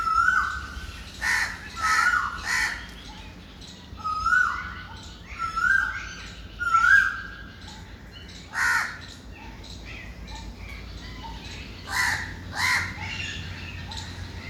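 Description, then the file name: Birds singing: a run of whistled notes falling in pitch, then bursts of sharp, noisy chirps, with several calls overlapping against a faint low hum. "Birds Avi"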